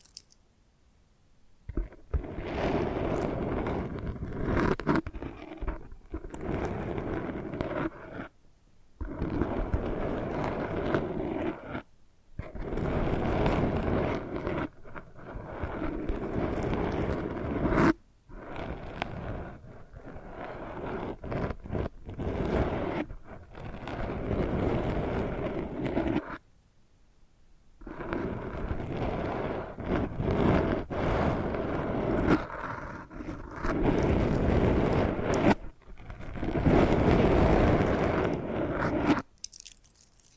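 Ear scratching and brushing, with no talking, come as dense, rough, rustling bursts lasting a few seconds each. Nearly silent gaps separate them every few seconds through the whole forty seconds. The texture is low and full, with some brighter scratchy edges.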